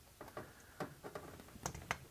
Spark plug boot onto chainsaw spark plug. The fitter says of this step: I heard it click everything looks good all